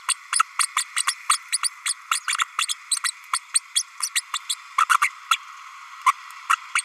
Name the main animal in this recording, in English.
Green-rumped Parrotlet